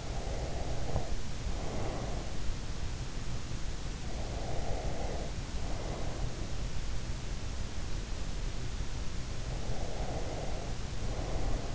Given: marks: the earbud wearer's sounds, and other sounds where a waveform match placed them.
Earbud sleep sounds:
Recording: sounds in sleep by an in-ear microphone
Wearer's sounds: breath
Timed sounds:
0.00-2.18 s: breath
4.23-6.31 s: breath
9.68-11.75 s: breath

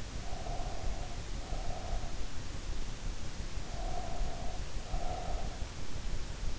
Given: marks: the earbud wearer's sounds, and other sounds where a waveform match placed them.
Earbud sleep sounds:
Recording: sounds in sleep by an in-ear microphone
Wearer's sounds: breath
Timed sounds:
0.02-2.30 s: breath
3.42-5.61 s: breath

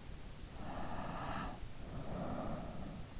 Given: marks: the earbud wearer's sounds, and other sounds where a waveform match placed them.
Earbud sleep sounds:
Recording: sounds in sleep by an in-ear microphone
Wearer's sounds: breath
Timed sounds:
0.61-3.02 s: breath

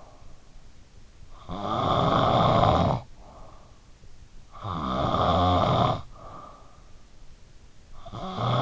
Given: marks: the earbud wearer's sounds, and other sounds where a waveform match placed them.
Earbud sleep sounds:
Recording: sounds in sleep by an in-ear microphone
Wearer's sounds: snoring breath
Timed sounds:
0.00-8.62 s: snoring breath

